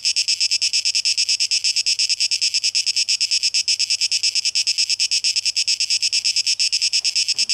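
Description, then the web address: Cicada song, a steady high hiss pulsing about three times a second, unbroken throughout, with a faint low hum underneath and a brief soft sound near the end. Cicadas, tape echo mix, 12 August 2023. "rauschpartikel 2023-08-12 Zikaden"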